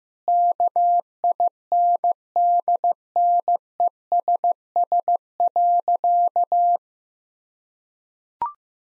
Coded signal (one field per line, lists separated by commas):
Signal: Morse code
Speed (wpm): 15 wpm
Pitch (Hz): 700 Hz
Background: none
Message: KINDNESS.